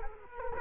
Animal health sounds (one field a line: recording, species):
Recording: mosquito wingbeat signal from an infrared sensor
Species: Culex quinquefasciatus